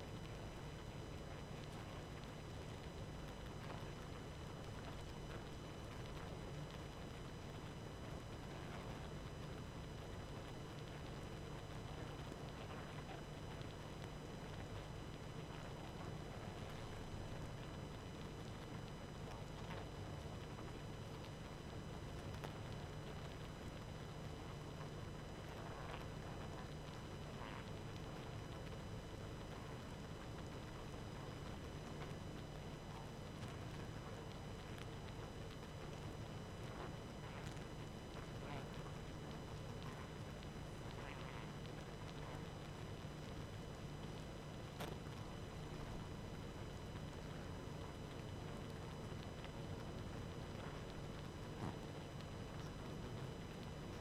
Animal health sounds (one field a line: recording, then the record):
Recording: honeybee colony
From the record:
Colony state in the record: active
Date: 12 June 2018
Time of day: 23:08